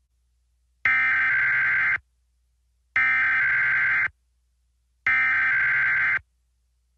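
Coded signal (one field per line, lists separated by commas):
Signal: Emergency Alert System (SAME) tones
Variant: header bursts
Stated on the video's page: Test alert tones taken from a stream of NOAA Weather Radio station WXM56.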